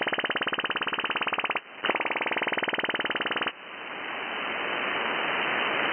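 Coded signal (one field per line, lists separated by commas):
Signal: radar signal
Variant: FMCW chirp sounder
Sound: rapid regular raspy buzzing pulses, brief gap, buzzing again, then steady static hiss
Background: radio static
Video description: These are probably propagation sounders or backscatter radar systems. The mode for all of these is FMCW (Frequency Modulated Continuous Wave ), in which a full-duty carrier is swept across a well-defined frequency range.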